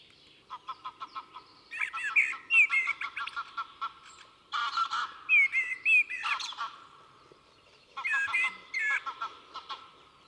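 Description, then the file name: Common blackbird calls: repeated bursts of hard clicks and brief squeaky whistles, with a harsher rasping note in the middle. "Turdus merula"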